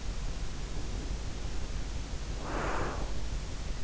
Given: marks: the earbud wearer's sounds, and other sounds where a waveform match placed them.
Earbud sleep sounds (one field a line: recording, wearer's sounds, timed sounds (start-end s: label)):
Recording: sounds in sleep by an in-ear microphone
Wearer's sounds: breath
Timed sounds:
0.65-3.45 s: breath